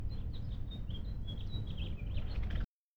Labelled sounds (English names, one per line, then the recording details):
House Finch song
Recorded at Oceanside on Long Island, New York, on 17 June 1975
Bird B